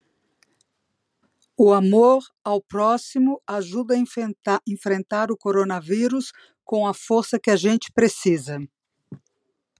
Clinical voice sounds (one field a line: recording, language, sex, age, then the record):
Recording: spoken sentence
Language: Brazilian Portuguese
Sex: female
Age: 50 to 59 years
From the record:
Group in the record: control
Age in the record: 57 years